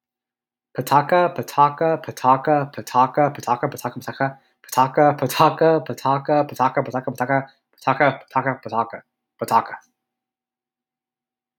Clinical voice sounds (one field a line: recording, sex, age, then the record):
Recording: repeated syllables /pa ta ka/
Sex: male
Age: 20 to 29 years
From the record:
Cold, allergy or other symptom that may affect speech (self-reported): no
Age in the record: 24 years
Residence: California, United States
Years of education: 19